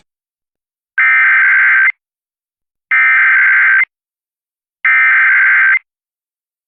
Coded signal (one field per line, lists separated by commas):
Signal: Emergency Alert System (SAME) tones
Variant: header bursts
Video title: 97.5 WABD | WABD Mobile, AL Legal ID and Hurricane Ida Outer-Band EAS Alerts 8/28/21 1-2a ET